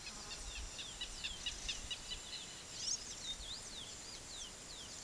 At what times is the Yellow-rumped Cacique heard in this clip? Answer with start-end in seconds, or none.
none